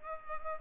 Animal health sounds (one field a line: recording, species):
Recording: mosquito wingbeat signal from an infrared sensor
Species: Culex pipiens